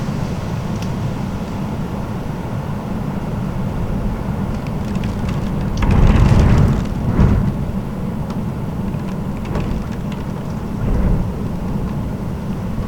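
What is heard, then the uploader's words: Wind and rain from a storm in a Danish city, a steady low rumble with a dense hiss layered over it. Around six to seven seconds a stronger gust swells and fades, and a smaller surge follows near eleven seconds, with faint scattered ticks throughout. Wind and rain sounds from Storm Pia’s visit in Danish city.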